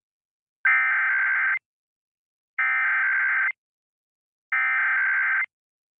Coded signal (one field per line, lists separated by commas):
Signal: Emergency Alert System (SAME) tones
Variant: header bursts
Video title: [EAS #2419-#2424] Thursday RWTs & RMTs